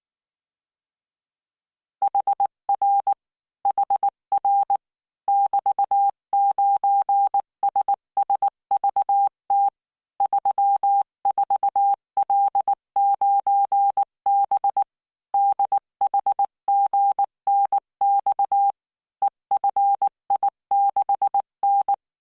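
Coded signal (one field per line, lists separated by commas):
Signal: Morse code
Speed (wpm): 19 wpm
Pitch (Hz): 800 Hz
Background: none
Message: HR HR <BT>9SSVT 34L9B DHGNX EFI6N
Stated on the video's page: Morse practice at 19 wpm with standard spacing, generated by the LearningMorse training software.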